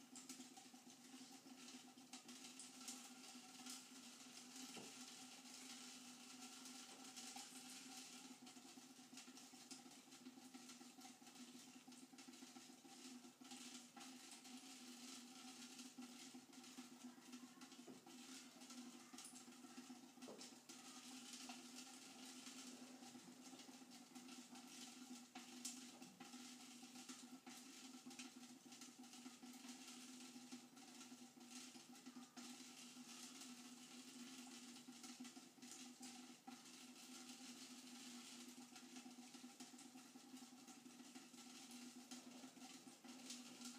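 Water drips onto tinfoil in a dense, continuous patter of fine, crisp ticks that never let up across the whole stretch. A few sharper hits stand out, near five and twenty seconds. Underneath runs a steady low hum with a few fixed tones.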